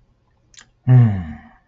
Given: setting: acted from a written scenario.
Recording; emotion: vocal sound without words; embarrassment